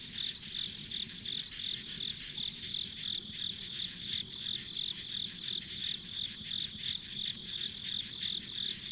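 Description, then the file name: Insects chirping, a high chirp repeated about three times a second over a constant high buzz, with faint low rumble beneath. Ambient insect sounds recorded on a country road. "田舎道の虫の環境音"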